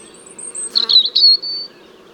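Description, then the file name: European robin song phrase: a thin high whistle, then a brief jumbled twittering burst and a sustained high thin note, over a faint low background hum. "Erithacus rubecula"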